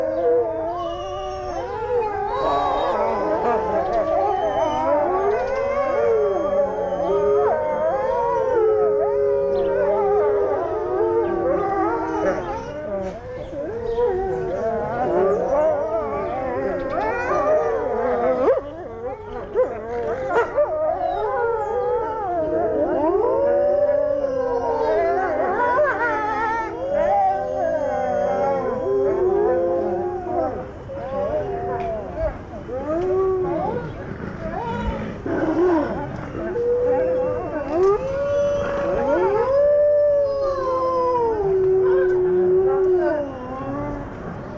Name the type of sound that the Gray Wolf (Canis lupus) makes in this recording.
howling